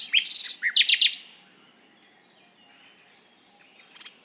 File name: Luscinia megarhynchos